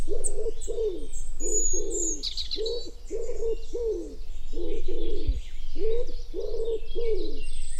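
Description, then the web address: Common wood pigeon cooing, low hollow coos in rhythmic phrases with brief pauses between them, while small songbirds chirp and trill high above. "cianscape. Deverinetal. Bird Only"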